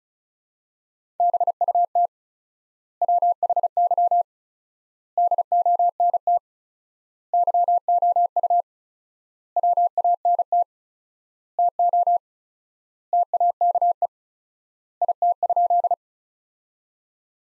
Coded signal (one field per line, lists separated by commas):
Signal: Morse code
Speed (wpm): 36 wpm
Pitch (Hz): 700 Hz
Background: none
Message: BUT WHY DONT YOU WANT TO TAKE IT?